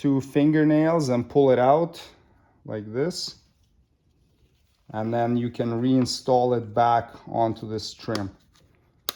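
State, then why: Seated. On a 2007-2013 Toyota Tundra front door, a plastic retaining clip that stayed in the door body is pulled out and refitted onto the door trim panel while someone talks. It is pushed until it seats with a sharp, loud click at 9.1 s.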